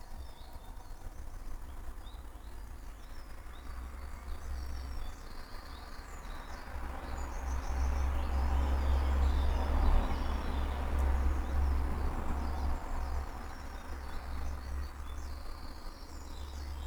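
Various birds chirp and call to one another in an early-morning garden, short bright phrases overlapping throughout. A low, steady rumble runs underneath and swells between about 8 and 13 seconds, like a passing vehicle, before easing off again.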